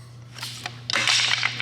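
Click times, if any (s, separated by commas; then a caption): none. A metal timing chain guide is pushed and forced onto its mount on an E36 24-valve engine, over a steady low hum. Short metallic handling knocks land at about 0.7, 0.9, 1.3, 1.5 and 1.6 s, followed by a louder scraping stretch. The guide does not fit and nothing seats or clicks, because the part is defective and chewed up.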